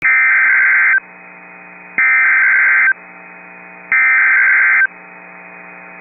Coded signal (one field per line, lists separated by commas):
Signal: Emergency Alert System (SAME) tones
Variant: header bursts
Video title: Tornado Warning (9/14/25) [EAS #316]